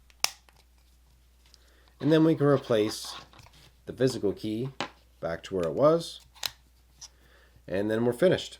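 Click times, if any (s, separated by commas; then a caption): 0.2 s. A plastic back plate is pressed onto the housing of a 2011–2020 Lincoln MKX key fob after its CR2032 battery is replaced, and it snaps into place with a sharp click at 0.2 seconds. Fainter ticks follow, then someone talks while the physical key is put back and the fob is finished.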